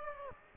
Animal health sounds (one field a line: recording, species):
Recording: mosquito wingbeat signal from an infrared sensor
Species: Aedes aegypti